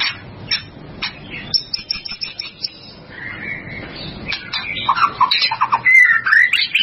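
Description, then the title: White-rumped shama song, varied whistled phrases and short notes, growing louder toward the end. "murai batu"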